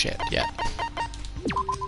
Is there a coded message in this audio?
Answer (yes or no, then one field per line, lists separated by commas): no